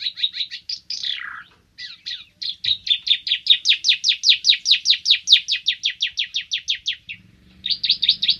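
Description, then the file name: Ara timor: songbird gives a few quick notes and a falling slurred whistle, then a long steady trill of rapid sharp notes, ending in a fresh quick series. "suara burung ara timor"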